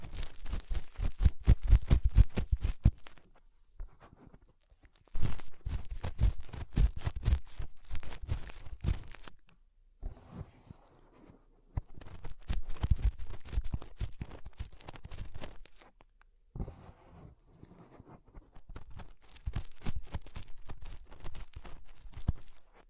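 Fingers rub and scrape inside an ear, making dense bursts of crackling, scratchy clicks with heavy low thumps. The bursts come in clusters of a few seconds each, separated by quieter stretches of soft rustling, with the crackling returning steadily through the end.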